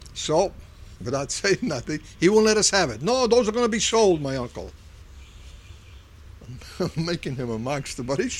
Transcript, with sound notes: So, without saying nothing, he won't let us have it. "No, those are going to be sold," my uncle. ( he laughs ) I'm making him a monster, but it's true.